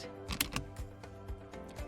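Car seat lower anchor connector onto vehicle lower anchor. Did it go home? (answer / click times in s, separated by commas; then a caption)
yes / 0.3 s, 0.4 s, 0.6 s. The InRight LATCH lower anchor connectors of a Graco Nautilus 2.0 LX 3-in-1 Harness Booster Seat are pushed onto the vehicle's lower anchor bars in the vehicle seat. Sharp, short clicks sound at 0.3, 0.4 and 0.6 seconds over background music. The connectors are seated on the anchors.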